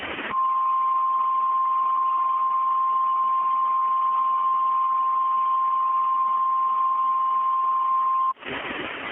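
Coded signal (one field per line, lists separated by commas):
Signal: Emergency Alert System (SAME) tones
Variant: 1050 Hz attention tone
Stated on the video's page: Mock EAS alert; simulated, not a real broadcast.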